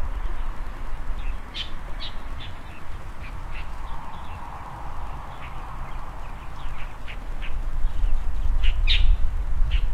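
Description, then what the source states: Birds calling with brief high chirps scattered across the whole stretch, some close together, over constant low background noise. Birds frolicking on branches in front of a rural country house, early morning, heard through an opened window; calm, peaceful scene.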